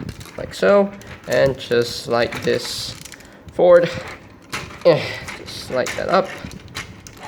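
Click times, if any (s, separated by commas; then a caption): 7.1 s. An arm section on the double hinge of a plastic transforming robot figure is folded forward and up while someone talks. Small plastic clicks and handling noises follow. The panel clicks into place at 7.1 seconds.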